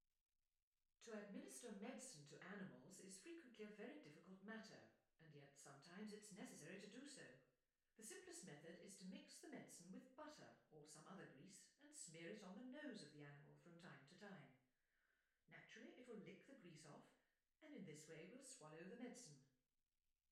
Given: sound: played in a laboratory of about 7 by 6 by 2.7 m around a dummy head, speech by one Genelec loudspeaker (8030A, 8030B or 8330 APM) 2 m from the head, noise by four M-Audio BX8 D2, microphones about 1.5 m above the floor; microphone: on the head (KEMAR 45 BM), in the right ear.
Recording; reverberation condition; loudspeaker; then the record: female speech in English; medium; 90 degrees to the left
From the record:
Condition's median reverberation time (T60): about 510 ms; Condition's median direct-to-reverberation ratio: about -0.5 dB